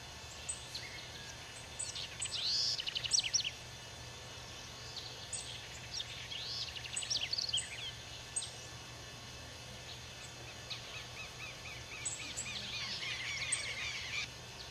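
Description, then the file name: House wren song: several bubbly, rapid phrases of high chattering and trilled notes, separated by pauses, over a steady low hum. "Canto-da-CORRUÍRA"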